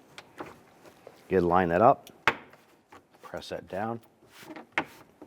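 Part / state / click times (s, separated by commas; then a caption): rear trunk trim panel clip into car body hole / seated / 4.8 s. Someone talks while a rear plastic trunk trim panel on a 2012-2017 Toyota Camry is lined up and pressed down so its plastic buttons seat into the car body holes. A sharp click is heard at 4.8 s as the clip snaps and locks into place, confirming the panel is seated.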